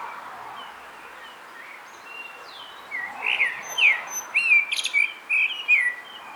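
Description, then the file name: Common blackbird song starting after a few seconds of background hiss: rich whistled notes rising into squeaky, high-pitched twitters. "Turdus merula"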